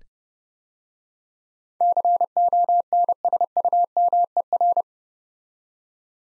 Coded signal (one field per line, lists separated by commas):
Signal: Morse code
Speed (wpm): 30 wpm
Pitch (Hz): 700 Hz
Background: none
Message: CONSUMER